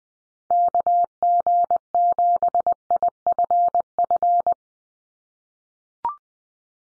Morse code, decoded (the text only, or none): KG7IFF